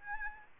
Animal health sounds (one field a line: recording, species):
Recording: mosquito wingbeat signal from an infrared sensor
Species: Aedes albopictus